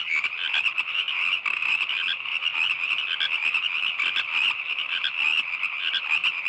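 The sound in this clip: Frogs calling in a dense, continuous chorus of rapid, high-pitched trilling notes that overlap without pause.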